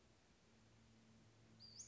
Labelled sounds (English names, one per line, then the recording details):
Western Flycatcher
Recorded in Sonoma County, California